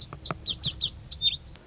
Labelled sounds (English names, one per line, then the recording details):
Lazuli Bunting
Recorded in Sonoma County, California